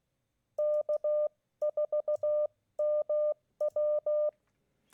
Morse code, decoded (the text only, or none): K4MW